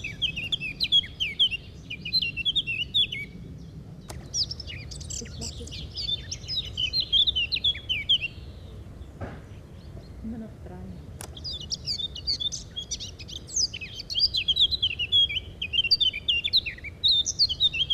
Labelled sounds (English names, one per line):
Eurasian Blackcap song